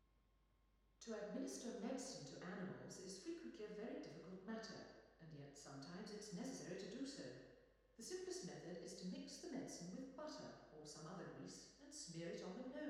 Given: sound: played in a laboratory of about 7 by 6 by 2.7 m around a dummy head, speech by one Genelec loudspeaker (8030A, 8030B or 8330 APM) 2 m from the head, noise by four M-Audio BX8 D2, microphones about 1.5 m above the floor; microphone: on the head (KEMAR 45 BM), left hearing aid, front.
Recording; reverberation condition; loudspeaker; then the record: female speech in English; high; behind (180 degrees)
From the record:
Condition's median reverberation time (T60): about 1300 ms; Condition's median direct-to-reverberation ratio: about -4.0 dB